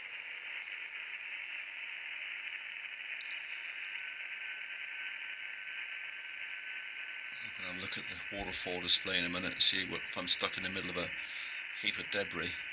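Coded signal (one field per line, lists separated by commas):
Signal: FT8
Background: speech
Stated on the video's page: 5 watts into an indoor magnetic loop antenna, with noise from a dirty laptop charger interfering.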